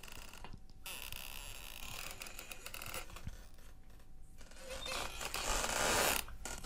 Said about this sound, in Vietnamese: chậm rãi tới gần cánh cửa gỗ mộc không được quét sơn. Hắn từ từ kéo mạnh cửa. Âm thanh kẹt cửa vang lên những cái tiếng ghê rợn.